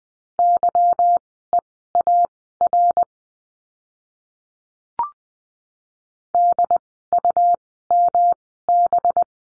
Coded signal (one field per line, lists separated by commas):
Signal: Morse code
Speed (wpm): 20 wpm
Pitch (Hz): 700 Hz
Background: none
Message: YEAR DUMB